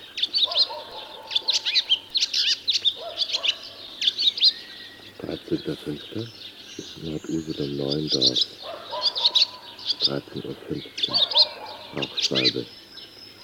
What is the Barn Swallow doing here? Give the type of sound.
song